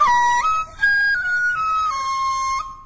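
A Chinese bamboo flute, the dizi, plays a short, clear melody of several sustained notes that step up and down in pitch, bright and steady with no voices, demonstrated as one of the instruments of Zhihua Temple music in Beijing.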